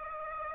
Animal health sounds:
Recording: mosquito wingbeat signal from an infrared sensor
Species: Aedes aegypti

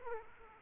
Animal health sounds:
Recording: mosquito wingbeat signal from an infrared sensor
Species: Aedes aegypti

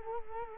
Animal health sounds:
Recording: mosquito wingbeat signal from an infrared sensor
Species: Culex quinquefasciatus

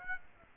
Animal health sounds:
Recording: mosquito wingbeat signal from an infrared sensor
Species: Aedes aegypti

